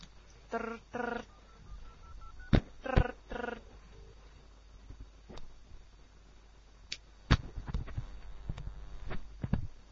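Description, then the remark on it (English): A telephone ringing tone on a call, sounding as two short double-ring bursts a couple of seconds apart, buzzy and steady in pitch, followed by scattered clicks and faint handling noises. “Ringing, it's ringing. It's ringing. It's still ringing.”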